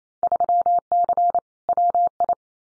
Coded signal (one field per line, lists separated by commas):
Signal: Morse code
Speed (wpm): 28 wpm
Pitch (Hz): 700 Hz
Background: none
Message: 3C WI